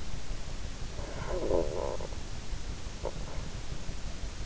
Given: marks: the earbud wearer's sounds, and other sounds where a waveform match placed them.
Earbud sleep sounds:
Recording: sounds in sleep by an in-ear microphone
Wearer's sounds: snoring breath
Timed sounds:
0.61-3.65 s: snoring breath

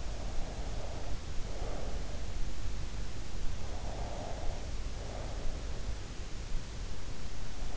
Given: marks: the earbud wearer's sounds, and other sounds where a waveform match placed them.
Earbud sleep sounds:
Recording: sounds in sleep by an in-ear microphone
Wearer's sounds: breath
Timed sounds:
0.00-2.23 s: breath
3.70-5.62 s: breath

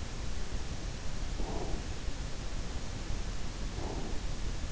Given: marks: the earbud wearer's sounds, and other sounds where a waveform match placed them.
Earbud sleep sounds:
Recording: sounds in sleep by an in-ear microphone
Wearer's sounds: breath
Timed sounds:
1.36-1.87 s: breath
3.59-4.20 s: breath

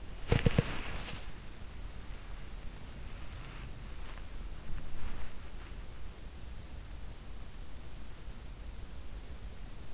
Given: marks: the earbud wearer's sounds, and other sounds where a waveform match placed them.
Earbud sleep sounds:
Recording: sounds in sleep by an in-ear microphone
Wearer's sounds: body movement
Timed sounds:
0.00-1.32 s: body movement

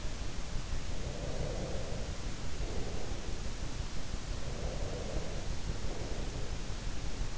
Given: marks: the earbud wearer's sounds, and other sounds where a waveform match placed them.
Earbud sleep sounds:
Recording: sounds in sleep by an in-ear microphone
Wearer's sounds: breath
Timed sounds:
0.91-3.72 s: breath
4.37-6.70 s: breath

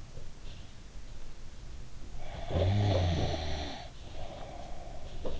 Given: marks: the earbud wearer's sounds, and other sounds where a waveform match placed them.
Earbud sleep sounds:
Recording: sounds in sleep by an in-ear microphone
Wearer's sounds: snoring breath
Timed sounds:
2.30-5.40 s: snoring breath

